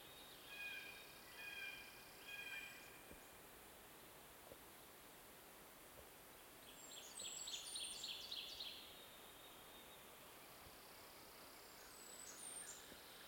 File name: Seiurus aurocapilla - Ovenbird